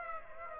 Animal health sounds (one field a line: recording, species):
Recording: mosquito wingbeat signal from an infrared sensor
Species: Aedes aegypti